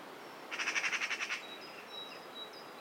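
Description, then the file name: Eurasian magpie giving one rapid rasping rattle, followed by faint thin high notes from another bird. "Pica pica"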